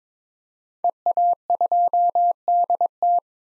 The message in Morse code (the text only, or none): EA2DT